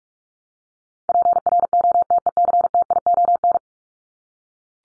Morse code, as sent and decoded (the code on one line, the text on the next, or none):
.--. .-. --- - . -.-. - .. --- -.
PROTECTION